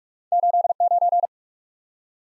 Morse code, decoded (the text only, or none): 89